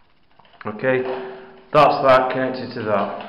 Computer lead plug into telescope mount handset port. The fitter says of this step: Connect it till it clicks.